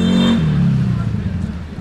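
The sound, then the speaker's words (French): A motorcycle engine hums loudly, its steady low pitch dropping as it slows down, then settling into a rougher, quieter idle rumble, as a motorcycle brings the first injured to a hospital emergency department during an emergency exercise. “On a les premiers blessés qui arrivent là, à moto.”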